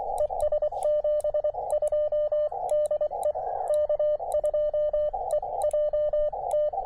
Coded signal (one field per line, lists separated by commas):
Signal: Morse code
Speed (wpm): 23 wpm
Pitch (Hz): 590 Hz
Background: radio noise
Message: E S 72 DE K2EJT